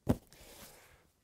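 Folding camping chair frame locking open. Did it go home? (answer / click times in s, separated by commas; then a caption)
yes / 0.1 s. A folding camping chair is opened from the middle and pushed down until its frame locks open. A sharp click is heard at 0.1 s, followed by a softer rustle of the frame settling as the chair locks into place.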